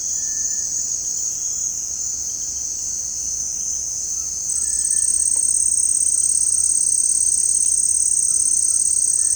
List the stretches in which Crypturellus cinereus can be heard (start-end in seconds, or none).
0.07-0.80, 4.58-5.36